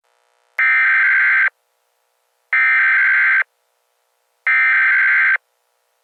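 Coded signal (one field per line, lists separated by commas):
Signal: Emergency Alert System (SAME) tones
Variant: header bursts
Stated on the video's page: Fictional EAS scenario, not a real alert.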